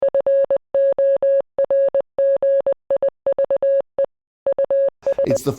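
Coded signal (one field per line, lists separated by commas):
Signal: Morse code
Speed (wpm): 20 wpm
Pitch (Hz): 550 Hz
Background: speech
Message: FORGIVE US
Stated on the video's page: Morse from a recreation using an original coherer receiver and spark coil, a Siemens Morse inker and a grasshopper key.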